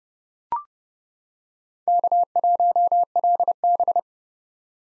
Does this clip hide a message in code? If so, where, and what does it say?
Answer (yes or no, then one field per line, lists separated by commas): yes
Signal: Morse code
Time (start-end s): 1.9-4.0 s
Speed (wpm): 30 wpm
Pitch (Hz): 700 Hz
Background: none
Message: K1LB